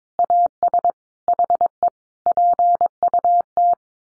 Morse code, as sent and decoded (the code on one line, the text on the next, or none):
.- ... / .... . / .--. ..- -
AS HE PUT